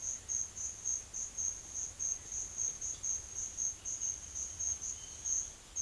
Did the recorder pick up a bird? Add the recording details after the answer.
no. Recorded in secondary vegetation near Puerto Asís, Putumayo, Colombia, on 25 June 2025 at 10:00. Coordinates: 0.500, -76.326. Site GP08